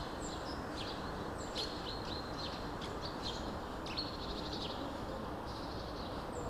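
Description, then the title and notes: Birds chirping with sharp high tweets and brief trills coming in scattered bursts, all against a steady broad background noise. Birds chirping among bush-overgrown remains of buildings, vulytsia Shmidta 20, Kostiantynivka, Donetsk Oblast, Ukraine; recorded on a Zoom H2n. "вулиця Шмідта, 20, місто Костянтинівка, Donetsk Oblast, Украина, 85100-Птицы среди руин. Щебет птиц в поросших кустами остатках зданий"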